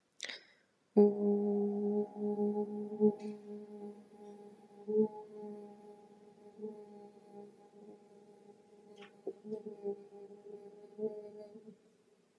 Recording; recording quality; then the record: sustained vowel as in boot; excellent, no background noise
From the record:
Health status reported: healthy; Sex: female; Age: 37 years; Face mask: not worn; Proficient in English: yes